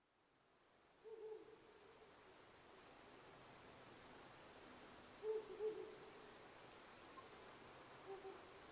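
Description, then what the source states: Owl giving low, soft hoots, a short phrase near the start, a double hoot midway and a faint final note, over steady background hiss. 9 May 2009 at 19:10.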